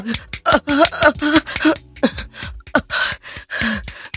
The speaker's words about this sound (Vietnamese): nặng nề thở dốc